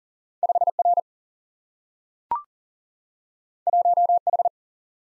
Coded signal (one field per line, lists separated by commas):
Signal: Morse code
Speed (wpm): 40 wpm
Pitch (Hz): 700 Hz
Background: none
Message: 5 R 1 H